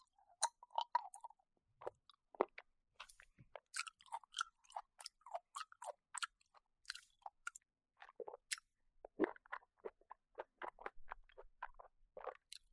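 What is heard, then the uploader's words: Wet chewing of an orange, with quick squelchy bites and juicy smacks repeating irregularly throughout against an otherwise silent background. 吃橘子｜Eating Orange.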